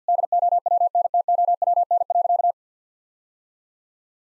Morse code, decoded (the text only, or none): DOWNTOWN.